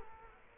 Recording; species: mosquito wingbeat signal from an infrared sensor; Culex quinquefasciatus